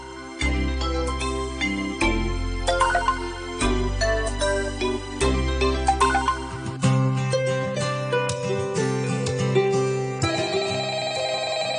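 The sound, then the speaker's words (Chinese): A phone rings with a bright, melodic ringtone that loops on and on without being picked up, steady and fairly loud, with no voices. “谁女有电话都唔听嘅真系啊！”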